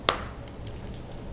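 After a battery swap, the plastic back cover of a Jeep key fob is folded back over and pressed until it pops into place. A single sharp snap is heard at 0.1 s, followed by a few faint ticks against a quiet background. The cover is seated.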